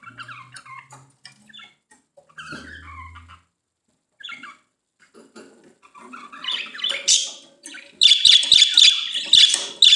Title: Budgie Sounds